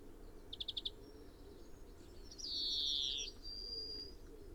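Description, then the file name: European greenfinch calls: a brief rapid trill of a few ticking notes, then a long loud nasal wheeze, slightly falling, lasting about a second, over steady low background rumble. "Chloris chloris"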